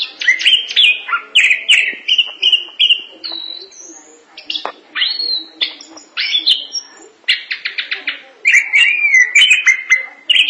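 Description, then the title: Thrush singing continuously, mixing rapid chirps, whistled slurs and short buzzy rattles in quick succession; faint low hum in the background. "burung anis x"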